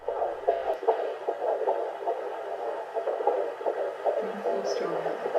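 Fast, muffled whooshing pulses at roughly 150 a minute, somewhat uneven, with faint musical tones entering near the end. The heartbeat of an unborn baby girl heard from inside the mother's abdomen, at a rate typical of a fetus.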